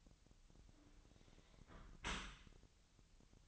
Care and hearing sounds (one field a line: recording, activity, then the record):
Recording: daily activity, microphone in the room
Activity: close dishwasher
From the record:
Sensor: 3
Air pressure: 1003.0 hPa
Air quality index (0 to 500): 195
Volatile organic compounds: 6 ppm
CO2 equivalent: 1906 ppm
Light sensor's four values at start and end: 19/48/20/21 and 20/48/20/22